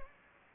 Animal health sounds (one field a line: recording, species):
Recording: mosquito wingbeat signal from an infrared sensor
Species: Aedes aegypti